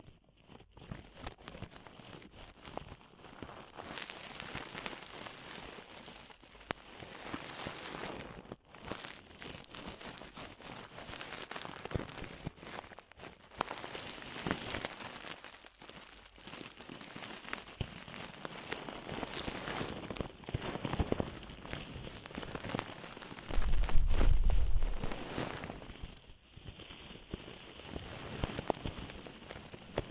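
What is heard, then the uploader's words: Deep ear cleaning sounds: a dense, crackly rustle of scratching and crinkling that runs almost without pause, irregular and rain-like in texture. Brief drop-outs come near 8 and 15 seconds, and a louder, deeper rubbing swells around 24 seconds. DEEP Ear Penetrating Cleaning.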